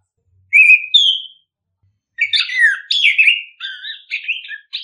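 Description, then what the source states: Bird song opening with two loud whistled notes, then after a pause a warbling run of chirpy, slurred notes. Birdsong intended for mastering, that is training, pet birds.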